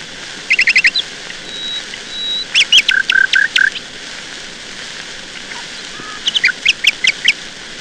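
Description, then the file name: Nightingale song: a quick trill of bright notes, a thin sustained whistle, then loud rapid repeated clicks and rich phrases returning after a pause; steady faint background hiss. "Solovei"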